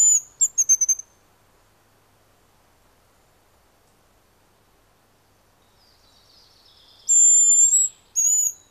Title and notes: Pyy. Viikon luontoäänen esitteli Juha Laaksonen. Kuva: Juha Laaksonen. Yle